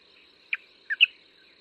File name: 白頭翁